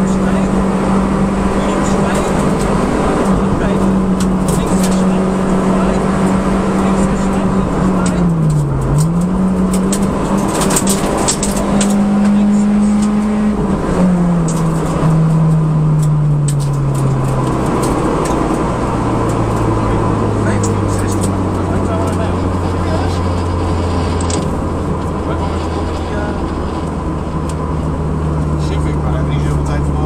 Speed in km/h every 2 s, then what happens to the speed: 157, 156, 152, 154, 124, 124, 130, 126, 101, 88, 74, 70, 66, 62, 58.
0-6 steady at about 154. 6-8 brakes to 124. 8-13 speeds up to 130. 13-30 brakes to 58.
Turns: none.